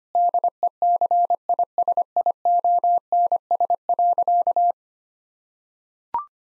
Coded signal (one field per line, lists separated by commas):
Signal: Morse code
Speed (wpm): 25 wpm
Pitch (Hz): 700 Hz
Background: none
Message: DECISIONS.